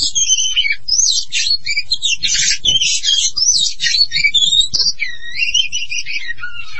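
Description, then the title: Oriental magpie-robin song, a fast jumble of harsh chatters and clear notes, followed by slower, looping whistles near the end. "Kacer"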